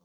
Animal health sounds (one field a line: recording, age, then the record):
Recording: pig call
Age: piglet (1 to 25 days)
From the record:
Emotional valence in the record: positive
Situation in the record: short reunion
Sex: male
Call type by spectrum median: low-frequency call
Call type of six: low-frequency tonal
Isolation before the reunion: 3 minutes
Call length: 0.05 s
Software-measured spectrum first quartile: 243 Hz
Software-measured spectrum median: 682 Hz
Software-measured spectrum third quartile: 3848 Hz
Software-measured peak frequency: 179 Hz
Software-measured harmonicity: 5.0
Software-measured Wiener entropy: -3.26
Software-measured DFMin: 719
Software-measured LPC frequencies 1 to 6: 1070, 3569, 4522, 5393, 6107, 6845 Hz